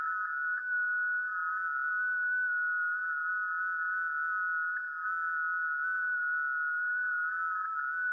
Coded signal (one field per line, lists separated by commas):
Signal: FT8